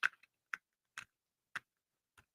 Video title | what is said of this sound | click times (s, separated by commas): Deals, Gift Ideas + Giveaways with Clown Live #giveaway #amazonlive #shoppingdragons | they got like a little clicky it's a plastic hinge okay so you're gonna have a plastic hinge that clicks into place here not too bad | 0.5 s, 1.0 s, 1.6 s